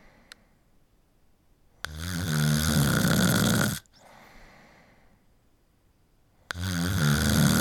One human snoring.